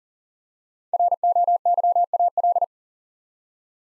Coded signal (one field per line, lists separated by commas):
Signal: Morse code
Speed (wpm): 40 wpm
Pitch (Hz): 700 Hz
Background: none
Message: ROYAL